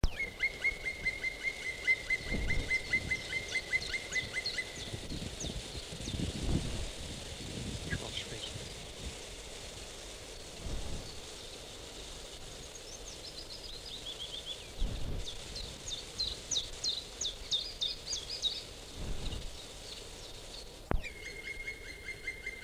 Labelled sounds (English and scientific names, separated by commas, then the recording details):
Black Woodpecker (Dryocopus martius) call
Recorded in the wild
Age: adult
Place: Fangschleuse, Brandenburg, DE
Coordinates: 52.4167, 13.8
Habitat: wood
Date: 1963-04-19
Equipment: R 20, Transistorverstärker, Vollspur
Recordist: TSA